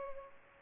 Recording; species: mosquito wingbeat signal from an infrared sensor; Culex pipiens